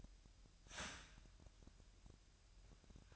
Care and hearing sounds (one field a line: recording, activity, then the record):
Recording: daily activity, microphone in the room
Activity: start toaster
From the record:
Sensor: 2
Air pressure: 1001.9 hPa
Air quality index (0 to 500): 247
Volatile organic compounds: 38 ppm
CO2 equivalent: 3119 ppm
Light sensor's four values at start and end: 9/30/12/11 and 9/30/12/11